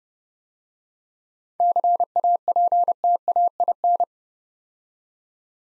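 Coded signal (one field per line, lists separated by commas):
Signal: Morse code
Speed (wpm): 30 wpm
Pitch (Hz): 700 Hz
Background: none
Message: CAPTAIN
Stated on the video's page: Morse practice set sending 7-letter words at 30 wpm for head-copy training.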